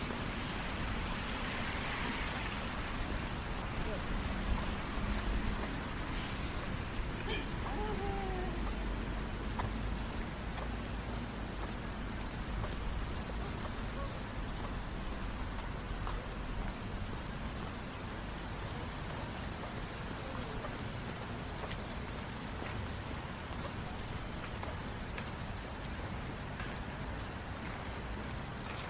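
Light rain patters steadily over a constant low rumble of passing cars, with faint murmurs and occasional short chirps early on.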